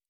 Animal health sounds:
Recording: hydrophone in a shrimp aquaculture tank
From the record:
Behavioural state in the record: normal

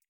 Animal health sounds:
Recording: hydrophone in a shrimp aquaculture tank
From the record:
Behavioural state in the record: feeding

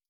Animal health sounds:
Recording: hydrophone in a shrimp aquaculture tank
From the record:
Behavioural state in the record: starved

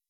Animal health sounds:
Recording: hydrophone in a shrimp aquaculture tank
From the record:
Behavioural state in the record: weakened

